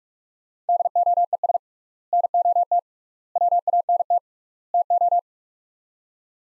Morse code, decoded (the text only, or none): DOES NOT WANT TO